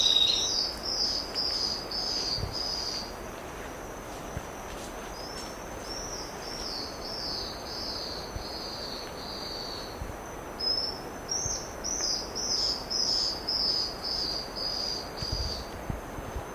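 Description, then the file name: Rufous-breasted leaftosser song: runs of sharp, high whistled notes that slip slightly downward, given in several bursts with short pauses, over a steady high insect drone. "Canto do vira folha"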